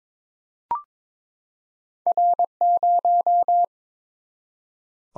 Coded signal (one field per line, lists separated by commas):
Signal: Morse code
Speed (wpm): 22 wpm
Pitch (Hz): 700 Hz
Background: none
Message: R0